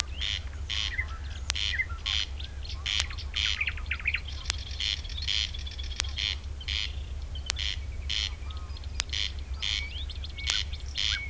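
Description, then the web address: Corn crake repeating dry, rasping two-part calls without pause, accompanied by scattered chirps from other birds, periodic clicks and a steady low hum. Recorded on 3 June 2016. "fagelljud 20160603 kornknarr"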